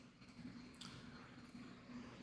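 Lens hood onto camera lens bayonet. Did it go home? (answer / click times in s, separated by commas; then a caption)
yes / 0.8 s. A lens hood for a Sigma 24mm F/1.4 DG DN Art lens is twisted onto the lens's bayonet mount. Over a low, steady hum, a single short, bright click sounds at 0.8 s as the hood locks into place. The hood is seated.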